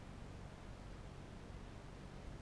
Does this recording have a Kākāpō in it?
no